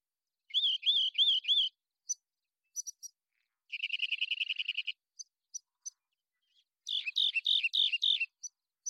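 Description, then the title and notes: Rock Wren song: a phrase of repeated slurred notes, then a rapid dry trill, then another series of repeated buzzy notes, separated by sharp single chips and short pauses. Long song sequence at natural pace and rhythm, isolated from a double mid-side recording, Pacific Northwest, Washington, United States. "BIRDSong Wrens - Rock Wren. Rock Wren, Salpinctes obsoletus, long song sequence, isolated from Double mid-side original, natural pace and rhythm maintained Recorded in the beautiful Pacific Northwest, Washington, United States"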